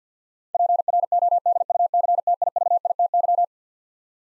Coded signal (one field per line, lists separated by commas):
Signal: Morse code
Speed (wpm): 50 wpm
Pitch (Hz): 700 Hz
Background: none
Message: PRODUCTIVITY